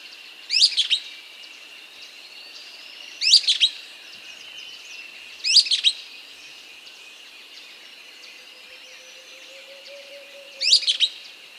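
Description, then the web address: Golden-crowned flycatcher singing: four sharp, high, chattering bursts spaced about two to five seconds apart, with faint thin whistles and steady high background hiss between them. South America. "Natures Songs S America Golden-Crowned Flycatcher"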